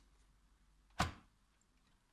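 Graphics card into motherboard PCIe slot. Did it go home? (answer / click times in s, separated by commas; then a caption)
yes / 1.0 s. A large graphics card is pushed down into the motherboard PCIe slot inside a midi tower case. A single sharp click lands at 1.0 s, with a short decaying tail against a quiet background. The card is seated in place.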